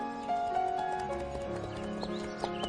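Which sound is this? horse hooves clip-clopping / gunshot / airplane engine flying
horse hooves clip-clopping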